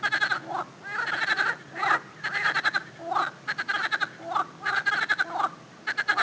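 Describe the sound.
Frogs calling in quick bursts of pulsed, nasal, laugh-like croaks, repeating about once a second.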